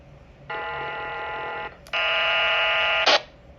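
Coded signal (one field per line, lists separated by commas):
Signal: HF data modem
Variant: VARA FM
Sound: two dense multitone data bursts about a second each, then a short noise burst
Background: radio squelch noise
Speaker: this time kita mo maganda ang ano ang return.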